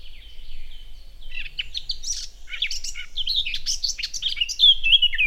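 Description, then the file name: Eurasian blackcap song: a dense, lively warble of chattering and fluty notes running almost continuously, with a clear slurred whistle near the end. "Sylvia atricapilla"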